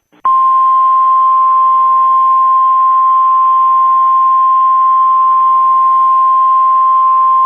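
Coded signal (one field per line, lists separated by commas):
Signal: Emergency Alert System (SAME) tones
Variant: 1050 Hz attention tone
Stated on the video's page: Fictional alert scenario tones, a dramatized recreation rather than a real activation.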